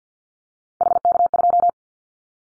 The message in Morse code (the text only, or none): HK2